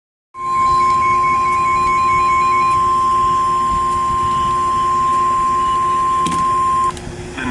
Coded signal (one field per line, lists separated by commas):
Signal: Emergency Alert System (SAME) tones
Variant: 1050 Hz attention tone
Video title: SVR (EAS#494)